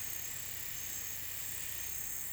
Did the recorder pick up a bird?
no